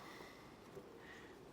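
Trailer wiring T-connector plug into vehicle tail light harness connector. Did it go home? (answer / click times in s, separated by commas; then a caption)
no / none. A Curt trailer wiring T-connector plug is handled and lined up with the clip side of the factory tail light harness connector on a 2025 Mazda CX-30. Only low handling rustle is heard, with no speech. Nothing has seated or clicked yet.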